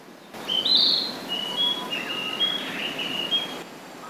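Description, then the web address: Narcissus flycatcher with a run of high, clear whistled notes, some sliding and some held briefly, continuing for about three seconds over a soft hiss. "izumino saunndo kibitaki"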